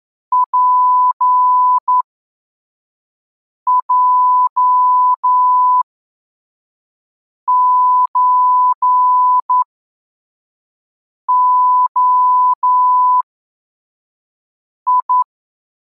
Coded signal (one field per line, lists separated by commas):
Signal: Morse code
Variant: Russian alphabet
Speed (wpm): 11 wpm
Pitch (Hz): 1000 Hz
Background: none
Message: ПЙЧОИ